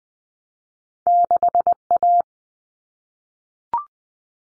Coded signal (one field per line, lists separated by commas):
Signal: Morse code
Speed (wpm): 20 wpm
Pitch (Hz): 700 Hz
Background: none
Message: 6A